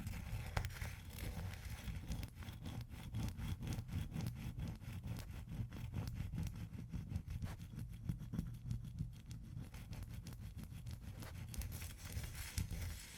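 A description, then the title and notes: Ice is scratched in quick, regular strokes that run steadily for the whole clip, each one a short rasp over a heavy low rumble. The scraping stays dense and even, with a few sharper taps standing out near the start and end. ASMR Ice Tapping & Scratching (No Talking).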